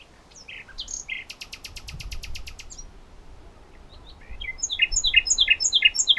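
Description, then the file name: Common nightingale song: varied chirps, a fast run of sharp repeated notes, then a rhythmic series of bright, descending slurred notes. "Luscinia megarhynchos"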